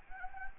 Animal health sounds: mosquito wingbeat signal from an infrared sensor; Anopheles arabiensis

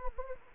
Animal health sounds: mosquito wingbeat signal from an infrared sensor; Anopheles gambiae

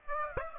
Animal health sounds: mosquito wingbeat signal from an infrared sensor; Aedes aegypti

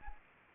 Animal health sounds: mosquito wingbeat signal from an infrared sensor; Anopheles arabiensis

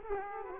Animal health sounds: mosquito wingbeat signal from an infrared sensor; Aedes aegypti

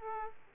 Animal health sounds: mosquito wingbeat signal from an infrared sensor; Aedes aegypti

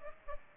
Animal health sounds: mosquito wingbeat signal from an infrared sensor; Aedes aegypti

